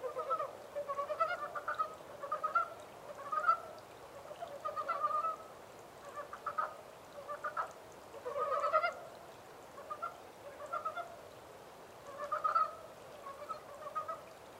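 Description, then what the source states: Montane brown frogs calling in chorus: clusters of rapid rattling croaks separated by brief pauses, several animals overlapping. 14 April 2010.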